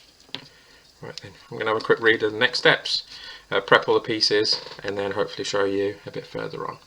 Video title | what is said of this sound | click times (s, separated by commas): Let’s Gun-dam built this in Japanese? | line this one up and hopefully it should click into place there we go | 0.3 s